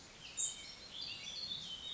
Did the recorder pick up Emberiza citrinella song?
no